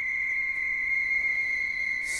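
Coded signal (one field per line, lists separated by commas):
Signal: 300-baud modem data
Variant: Bell 103, 300 baud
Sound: continuous high warbling tone around 2 kHz with rough buzzy texture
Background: faint low hum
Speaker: 1 300 bits per second 8 bits no parity 1 stop bit and if you play it what does that sound like and then we're gonna hear modulated tone here a second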